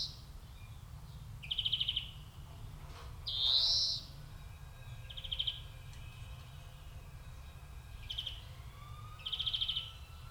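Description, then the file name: European greenfinch making short buzzy trills at irregular intervals, with one longer rising nasal wheeze in the middle, over low background hum. "Chloris chloris"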